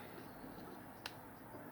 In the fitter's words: 扣上，胸板盖上，人形的头雕，